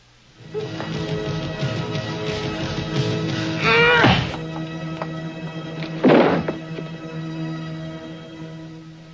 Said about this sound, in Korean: 코니의 면상에 주먹을 날린 안젤라.